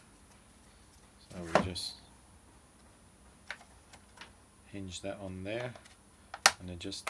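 A small plastic cover on a Stihl MS200T chainsaw, being repaired for an oiling problem, is hooked on by its lip and hinged down onto the housing while someone talks. Brief handling taps are heard around 3.5, 3.9 and 4.2 seconds between the speech. The cover has not seated or clicked into place yet.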